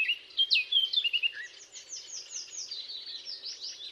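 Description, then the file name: Eurasian blackcap's short burst of clear, fluty warbling ending in a lower note, followed by quieter repeated descending chirps. "Sylvia atricapilla"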